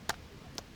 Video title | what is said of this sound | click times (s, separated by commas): Hands-on Commentary with 5 Iconic WWII Weapons [4K] | You depress that one, stock clicks into place. | 0.1 s